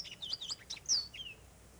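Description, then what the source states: Orchard oriole song, a quick jumble of varied high chirps and slurred whistles ending in a slurred whistle. In the blackbird group; nests in the northern third of Florida; song is melodious, extended and complex with a variety of notes.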